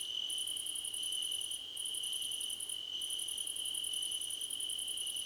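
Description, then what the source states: A cricket chorus: constant high trill plus rapid-fire pulsed chirps in runs broken by short pauses. Crickets chirping together, described as a choir competition.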